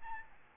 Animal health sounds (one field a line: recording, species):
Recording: mosquito wingbeat signal from an infrared sensor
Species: Aedes albopictus